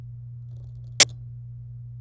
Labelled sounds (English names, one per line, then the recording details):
Domestic Canary song
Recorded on 26 April 2018 at 17:39
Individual llb3